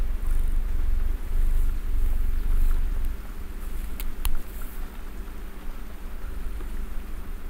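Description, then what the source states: Cat purring as a deep, pulsing rumble that softens midway, with a couple of sharp clicks. Real purring from a cat while snuggling, ASMR.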